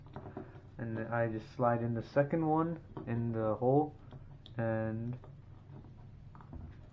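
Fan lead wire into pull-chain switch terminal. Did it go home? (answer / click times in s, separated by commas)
yes / 6.4 s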